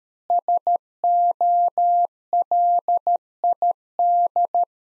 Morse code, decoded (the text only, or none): SOLID